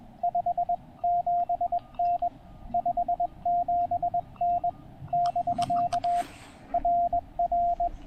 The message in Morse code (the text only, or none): 57N 57N <BK> RR